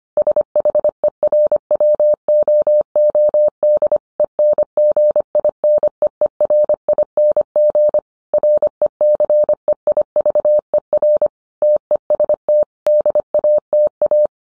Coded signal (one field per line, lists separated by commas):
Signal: Morse code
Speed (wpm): 25 wpm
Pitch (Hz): 600 Hz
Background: none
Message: SHERWOOD ENGINEERING RECEIVER TEST DATA